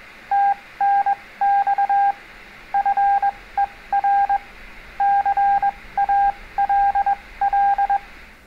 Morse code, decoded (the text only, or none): TNX FER CALL